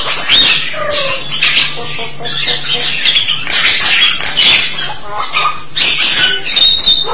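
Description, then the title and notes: Starling song: rasping chatter mixed with short clear whistled notes, some sliding, throughout. "suara burung jalak"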